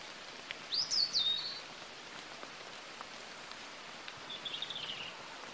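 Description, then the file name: European robin song: a thin, high sliding warbled phrase early on and a softer twittering phrase later, against steady rain-like hiss. "Erithacus rubecula"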